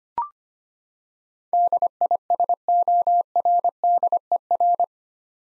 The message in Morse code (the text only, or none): DISORDER